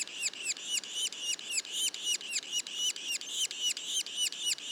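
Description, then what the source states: Yellow-bellied sapsucker young repeating short, nasal, down-curving calls in a steady rapid rhythm, close to four each second. Juveniles; Mont-Orford National Park, Quebec.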